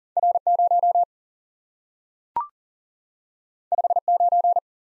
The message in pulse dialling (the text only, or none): none